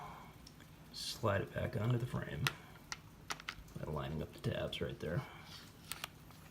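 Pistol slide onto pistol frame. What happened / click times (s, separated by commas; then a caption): The parts are handled and lined up but not yet seated / none. During reassembly of a Glock 17 Gen3 RTF2 pistol, the steel slide is lined up with the frame rail tabs and slid back onto the polymer frame while someone talks, with a few sharp metallic ticks and light handling sounds. The slide has not yet locked into place; nothing has seated or clicked yet.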